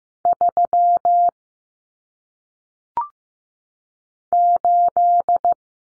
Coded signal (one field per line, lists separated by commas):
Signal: Morse code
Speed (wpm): 15 wpm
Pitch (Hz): 700 Hz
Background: none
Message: 3 8